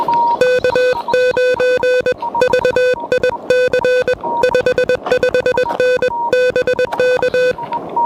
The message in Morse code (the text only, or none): K9VIC 55N BK